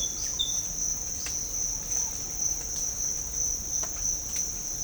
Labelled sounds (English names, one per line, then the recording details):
none
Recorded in pastures near Puerto Asís, Putumayo, Colombia, on 18 December 2024 at 06:00
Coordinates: 0.496, -76.326
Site G004